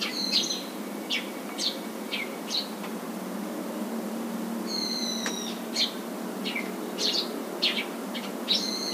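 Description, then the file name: Eurasian tree sparrow calls, scattered bright chirps and downslurred notes, with a pause midway before further notes and flat tones, over quiet steady hiss. "suzume"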